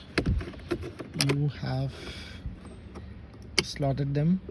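A dimmer/switch module is being handled at its opening in the dashboard panel of a Polo GT TSI during an OEM-style auto headlight and dimmer switch installation, with a few short, sharp handling taps near the start while someone talks. Nothing has seated or clicked yet.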